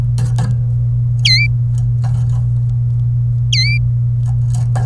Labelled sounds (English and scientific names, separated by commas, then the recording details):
Domestic Canary (Serinus canaria) song
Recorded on 27 April 2018 at 13:17
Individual llb3